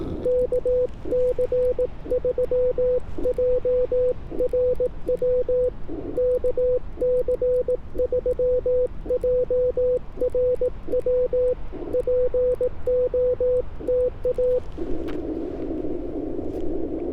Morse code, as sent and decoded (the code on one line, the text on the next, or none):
-.- -.-. ...-- .--- .-. .-- / -.- -.-. ...-- .--- .-. .-- / .--. --- - .-
KC3JRW KC3JRW POTA